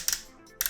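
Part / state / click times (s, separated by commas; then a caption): plastic hip joint on a transforming robot figure / seated / 0.1 s, 0.6 s. The plastic hip joint of a transforming robot toy is swung outward until it clicks into place at the full splits position. Two sharp double-ticked clicks ring out at 0.1 s and 0.6 s, with quiet between them. The joint seats with a solid click.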